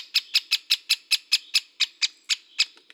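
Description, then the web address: Great spotted woodpecker calls: sharp, high 'kik' notes repeated about four to five per second in a clear series, followed by a few faint softer notes at the end. "Dendrocopos major"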